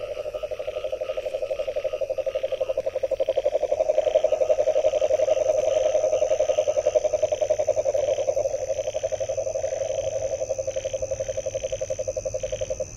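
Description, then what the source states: Frog calling in a continuous low pulsing call, about four beats a second, swelling and fading, with fainter higher rhythmic calls above and a steady hum. Recorded 23 January 2022 between 21:00 and 23:00.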